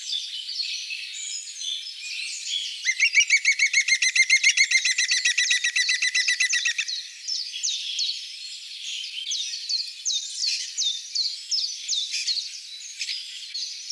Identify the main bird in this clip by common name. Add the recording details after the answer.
European Green Woodpecker. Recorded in the wild. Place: Lilienhof / Kaiserstuhl, Baden-Württemberg, DE. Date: 1989-03-27. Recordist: Schwarz, Dieter. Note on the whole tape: Song